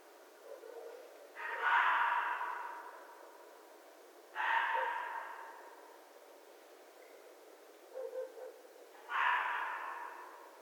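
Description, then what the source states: Red fox screaming three times, each hoarse rasping cry spaced several seconds apart and trailing off, with a few soft low sounds between calls. Recorded 11 January 2012.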